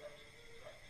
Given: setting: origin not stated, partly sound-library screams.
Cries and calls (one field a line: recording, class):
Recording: one-second piece from a danger detection set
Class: normal situation